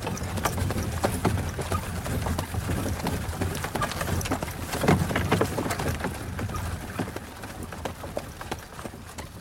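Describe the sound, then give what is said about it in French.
Horse hooves clip-clop in a dense, uneven patter of sharp knocks over a steady rumbling background, slowing and easing off slightly toward the end as two horses come to a stop in front of a door. “Avez-vous vu les chevaux qui viennent de s'arrêter devant ma porte, Monsieur Bertuccio?”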